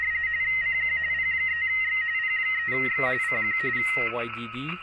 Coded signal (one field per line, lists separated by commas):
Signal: RTTY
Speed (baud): 45.45 baud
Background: speech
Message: CQ P3X P3X CQ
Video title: Is JS8Call Good For Prepping? Part 2, With PRC-320.